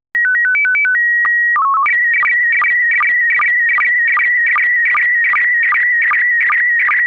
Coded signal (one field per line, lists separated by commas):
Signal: SSTV (slow-scan television)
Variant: PD 50